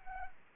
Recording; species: mosquito wingbeat signal from an infrared sensor; Anopheles arabiensis